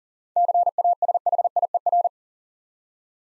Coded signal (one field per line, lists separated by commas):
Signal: Morse code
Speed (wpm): 40 wpm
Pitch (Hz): 700 Hz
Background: none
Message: CASHIER